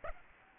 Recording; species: mosquito wingbeat signal from an infrared sensor; Aedes aegypti